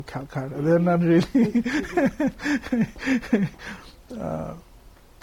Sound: laughs